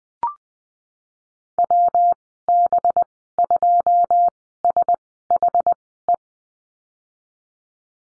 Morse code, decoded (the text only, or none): WB2SHE